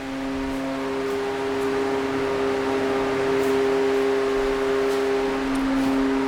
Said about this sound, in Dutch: Ja, dit geluid dat hoor je overal in Valkenburg. Het zijn van die ventilatoren die gebruikt worden om de muren te drogen.